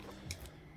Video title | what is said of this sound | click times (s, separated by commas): Shark Rotator Lift-Away ADV Unboxing & Assembly Tutorial (LA500) DuoClean PowerFins | and now we're going to grab this line it up and push it down until it clicks | 0.3 s